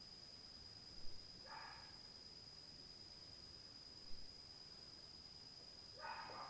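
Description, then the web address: Dog giving two separate barks several seconds apart against a constant high-pitched hum and a few sharp clicks. Dog recorded at night in 2022. "zone 51 2022 Night Noise 07-05 DOG"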